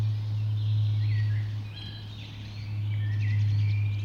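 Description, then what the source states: Birds calling at dawn, giving short whistled notes and warbled phrases, over a loud low hum. Dawn chorus recorded just after dawn in the Forest of Dean.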